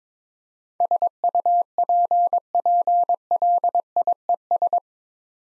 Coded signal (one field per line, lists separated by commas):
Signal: Morse code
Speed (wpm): 22 wpm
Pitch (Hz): 700 Hz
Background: none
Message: SUPPLIES